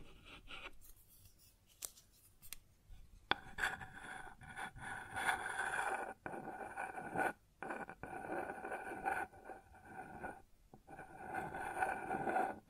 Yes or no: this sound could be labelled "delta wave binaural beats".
no